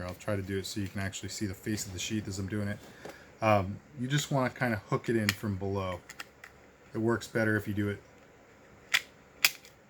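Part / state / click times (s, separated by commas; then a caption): knife blade/handle into kydex sheath / seated / 9.4 s. Someone talks while a knife is hooked into a Kydex sheath from below and pushed home. A sharp snap sounds at 9.5 seconds as the sheath's retention locks, leaving the knife fully seated.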